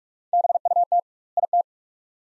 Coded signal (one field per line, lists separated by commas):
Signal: Morse code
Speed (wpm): 46 wpm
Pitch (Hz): 700 Hz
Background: none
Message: BUT IT